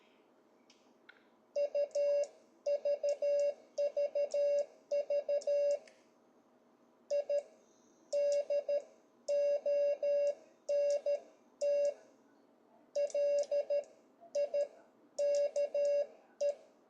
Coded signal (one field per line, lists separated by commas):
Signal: Morse code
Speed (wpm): 13 wpm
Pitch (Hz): 560 Hz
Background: none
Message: U VVV I DONT LIKE